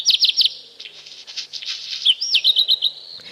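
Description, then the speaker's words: Black Redstart song: high twittering phrases, a hissing crunchy rush in the middle, then a dropping whistle followed by quick repeated trilled notes. Garden animal of the year 2024; sparrow-sized, common in gardens; starts singing about two hours before sunrise; song mixes twittering, trills and crunching sounds. "Es ist der Hausrotschwanz."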